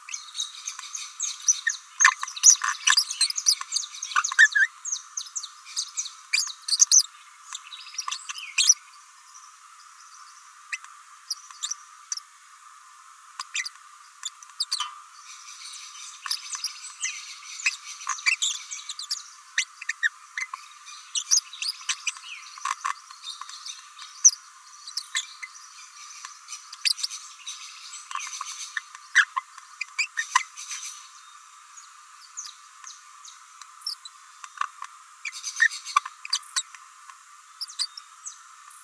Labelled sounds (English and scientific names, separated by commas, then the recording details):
Green-rumped Parrotlet (Forpus passerinus) babbling
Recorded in a nest box in Venezuela
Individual 18B17A4